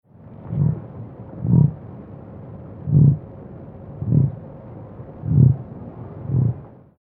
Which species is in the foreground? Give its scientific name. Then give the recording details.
Dromaius novaehollandiae. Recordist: Tembrock, Günter. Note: Grunzlaute